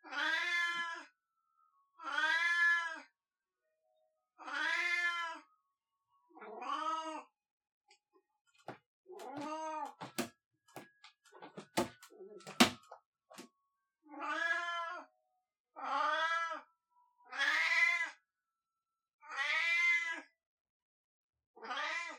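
A cat yowls in long, drawn-out meows, about one every two to three seconds, loud. Around the middle the calls stop for a few seconds, replaced by sharp clicks and knocks, then the regular wailing resumes until the end.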